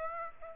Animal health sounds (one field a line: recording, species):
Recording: mosquito wingbeat signal from an infrared sensor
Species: Aedes aegypti